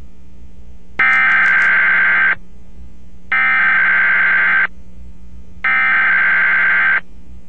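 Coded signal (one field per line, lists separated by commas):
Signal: Emergency Alert System (SAME) tones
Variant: header bursts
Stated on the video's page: Real EAS activation tones from an AM radio station during a severe storm, captured from the station's webstream.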